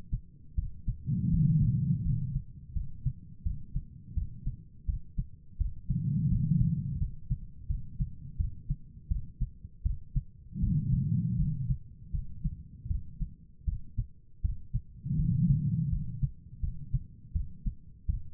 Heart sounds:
heart sounds by stethoscope; 82 bpm
0.56 s: heartbeat
1.31 s: heartbeat
2.03 s: heartbeat
2.74 s: heartbeat
3.43 s: heartbeat
4.15 s: heartbeat
4.86 s: heartbeat
5.58 s: heartbeat
6.29 s: heartbeat
6.99 s: heartbeat
7.68 s: heartbeat
8.37 s: heartbeat
9.08 s: heartbeat
9.83 s: heartbeat
10.60 s: heartbeat
11.36 s: heartbeat
12.12 s: heartbeat
12.88 s: heartbeat
13.65 s: heartbeat
14.42 s: heartbeat
15.17 s: heartbeat
15.90 s: heartbeat
16.61 s: heartbeat
17.33 s: heartbeat
18.07 s: heartbeat
From the record:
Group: healthy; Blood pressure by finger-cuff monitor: 108/73 mmHg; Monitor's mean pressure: 86 mmHg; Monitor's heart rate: 81 bpm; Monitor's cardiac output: 4.8 L/min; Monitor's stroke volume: 59 mL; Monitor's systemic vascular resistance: 1340 dyn s/cm5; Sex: female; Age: 51 years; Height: 162 cm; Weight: 70.04 kg

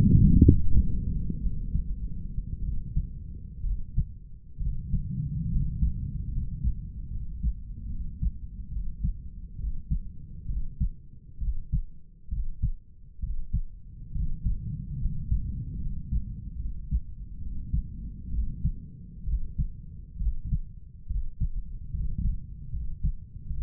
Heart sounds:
heart sounds by stethoscope; 68 bpm
0.41 s: heartbeat
1.42 s: heartbeat
2.63 s: heartbeat
3.64 s: heartbeat
4.60 s: heartbeat
5.51 s: heartbeat
6.32 s: heartbeat
7.11 s: heartbeat
7.90 s: heartbeat
8.72 s: heartbeat
9.60 s: heartbeat
10.49 s: heartbeat
11.42 s: heartbeat
12.32 s: heartbeat
13.23 s: heartbeat
14.15 s: heartbeat
15.01 s: heartbeat
15.81 s: heartbeat
16.60 s: heartbeat
17.41 s: heartbeat
18.33 s: heartbeat
19.27 s: heartbeat
20.20 s: heartbeat
21.10 s: heartbeat
21.93 s: heartbeat
22.73 s: heartbeat
23.49 s: heartbeat
From the record:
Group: healthy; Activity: rest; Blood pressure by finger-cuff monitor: 144/88 mmHg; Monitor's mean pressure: 101 mmHg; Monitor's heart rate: 66 bpm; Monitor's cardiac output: 7.4 L/min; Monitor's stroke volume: 110 mL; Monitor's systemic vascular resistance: 1030 dyn s/cm5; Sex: male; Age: 30 years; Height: 188 cm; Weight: 110.2 kg

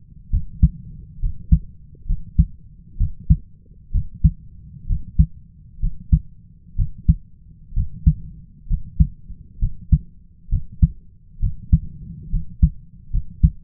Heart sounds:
heart sounds by stethoscope; 66 bpm
0.30 s: heartbeat
1.20 s: heartbeat
2.06 s: heartbeat
2.97 s: heartbeat
3.80 s: heartbeat
4.86 s: heartbeat
5.80 s: heartbeat
6.76 s: heartbeat
7.74 s: heartbeat
8.67 s: heartbeat
9.59 s: heartbeat
10.49 s: heartbeat
11.40 s: heartbeat
12.30 s: heartbeat
13.10 s: heartbeat
From the record:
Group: healthy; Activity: rest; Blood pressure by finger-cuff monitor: 124/72 mmHg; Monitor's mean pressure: 84 mmHg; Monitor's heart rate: 65 bpm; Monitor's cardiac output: 4.9 L/min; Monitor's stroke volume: 75 mL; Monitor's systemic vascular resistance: 1250 dyn s/cm5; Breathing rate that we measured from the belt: 16 breaths a minute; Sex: male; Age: 20 years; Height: 167 cm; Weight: 61 kg

